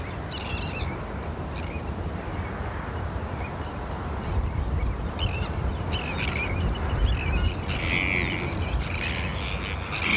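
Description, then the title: Terns giving harsh, grating calls in scattered bursts, several overlapping, over a steady hiss of rain. Terns calling at RSPB Hodbarrow nature reserve, Cumbria, in autumn rain, recorded from inside a wooden bird hide by Martin Maudsley. "Sound Escape 32: listening to cries of terns from a bird hide at Hodbarrow, Cumbria"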